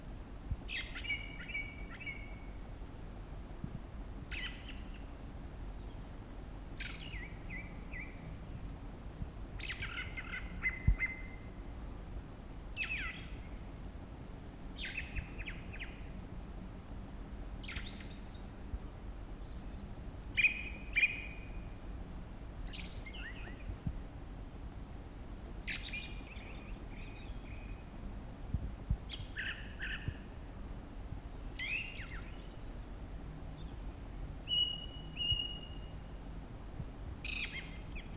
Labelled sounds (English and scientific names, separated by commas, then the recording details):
Ring Ouzel (Turdus torquatus) song
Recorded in the wild
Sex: male
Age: adult
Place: Gerlitzen, Kärnten, AT
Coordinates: 46.6933, 13.9158
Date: 1971-05-12
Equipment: Sony TCD-D10, Sennheiser MKH 804
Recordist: Brunner, Thomas
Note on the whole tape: Auf der Gerlitzen aufgenommen